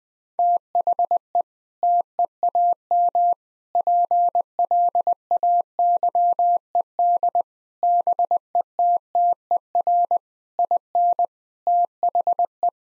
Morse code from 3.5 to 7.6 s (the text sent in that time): PLAYED